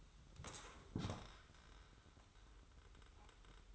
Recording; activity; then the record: daily activity, microphone in the room; sit down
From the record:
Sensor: 3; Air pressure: 994.4 hPa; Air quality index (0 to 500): 199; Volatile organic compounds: 1000 ppm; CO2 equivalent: 6602 ppm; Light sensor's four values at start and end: 119/277/114/108 and 109/254/105/97